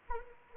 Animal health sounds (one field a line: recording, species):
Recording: mosquito wingbeat signal from an infrared sensor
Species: Anopheles arabiensis